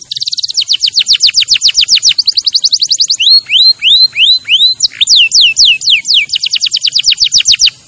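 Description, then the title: Canary song built from fast rattling trills of falling sweeps, broken midway by slower, looping whistled notes that rise and fall, before the rapid trill returns. Champion canary song used as a master recording for training other birds to sing. "Masteran Kenari Juara"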